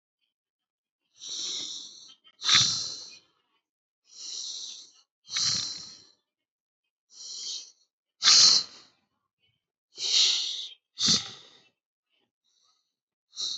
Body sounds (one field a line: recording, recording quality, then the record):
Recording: deep breathing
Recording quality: excellent, no background noise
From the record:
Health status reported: healthy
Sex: male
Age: 39 years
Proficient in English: yes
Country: India